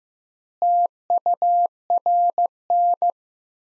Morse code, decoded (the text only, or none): TURN